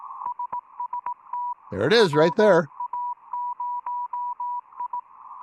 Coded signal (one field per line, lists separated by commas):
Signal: Morse code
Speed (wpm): 18 wpm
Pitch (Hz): 980 Hz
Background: speech, radio noise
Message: SST WA0I